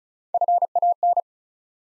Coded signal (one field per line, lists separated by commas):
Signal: Morse code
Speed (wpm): 36 wpm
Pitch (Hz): 700 Hz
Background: none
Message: FAN